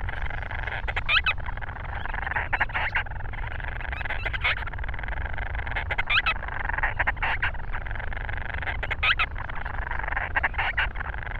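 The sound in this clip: Grant's storm petrel, raspy chattering calls in short bursts with squeaky notes, repeated irregularly over a steady low rumble.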